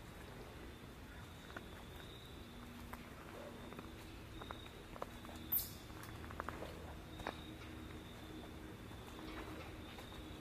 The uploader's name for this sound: Nature Walkabout in Fall